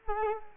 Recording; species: mosquito wingbeat signal from an infrared sensor; Culex quinquefasciatus